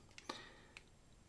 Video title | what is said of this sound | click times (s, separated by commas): ULTIMATE Lock Disassembly and Re-Assembly Guide | so turn the cam until it snaps like that it should be opposite to where you | 0.3 s